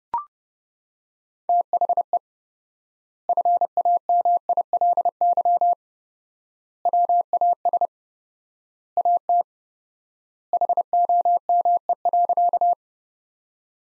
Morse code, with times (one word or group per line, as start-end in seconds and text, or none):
1.5-2.2 THE
3.3-5.7 FAMILY
6.9-7.9 WAS
9.0-9.4 AT
10.5-12.7 HOME.